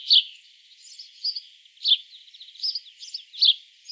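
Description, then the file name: House sparrow chirping, three bright chirps among faint chattering notes over a low hiss. "Passer domesticus"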